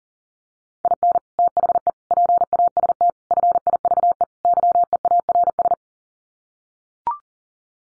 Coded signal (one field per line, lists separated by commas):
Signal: Morse code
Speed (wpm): 37 wpm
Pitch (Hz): 700 Hz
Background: none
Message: IN THE PAST FIVE YEARS